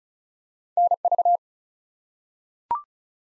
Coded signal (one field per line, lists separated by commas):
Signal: Morse code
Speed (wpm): 36 wpm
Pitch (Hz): 700 Hz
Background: none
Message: NV